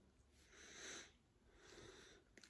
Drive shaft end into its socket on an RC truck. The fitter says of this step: et bien emboîté.